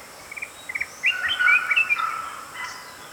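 Flame-throated bulbul song: a few soft chirps, then a fluty, tumbling phrase of quick slurred notes lasting about a second, fading afterward over light background hiss.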